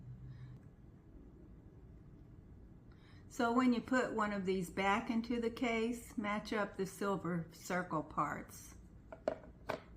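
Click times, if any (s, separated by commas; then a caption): 9.3 s. Someone talks while a small plastic Kineon Move+ Pro red LED light therapy unit, with its silver contact circles lined up, is pushed back into its holder in the charging case, where it snaps in with a magnetic feel. A sharp click at 9.3 s marks the unit seating, with faint ticks just before and after it.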